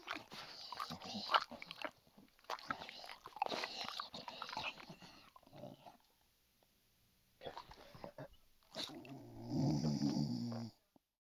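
Dog eating: crunching and chewing in bursts, a pause, then more chewing followed by a short steady tonal sound at the end.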